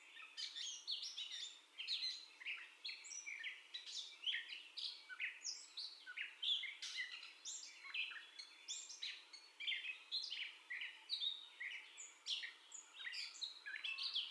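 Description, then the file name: Gray catbird pouring out a dense, nonstop medley of scratchy chatters, squeaks and whistles with barely any pause across the whole stretch. First song, 30 May 2021. "2021-05-30 Catbird First Song"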